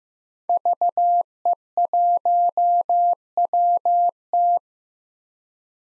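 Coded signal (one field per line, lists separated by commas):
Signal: Morse code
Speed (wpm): 15 wpm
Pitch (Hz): 700 Hz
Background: none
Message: VE1WT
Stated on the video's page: Morse code head-copy drill at 15 wpm of common SOTA chaser call signs, each sent, spoken, then sent again.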